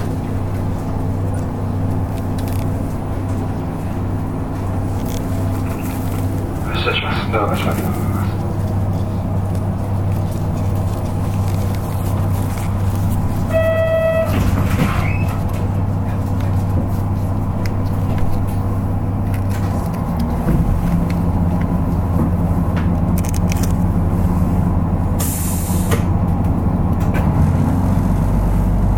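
Recorded aboard a local train on the Wakamatsu Line, a steady low engine drone fills the whole clip, shifting pitch slightly around 20 seconds. A short tonal beep sounds near 14 seconds, with brief clicks and rattles scattered throughout.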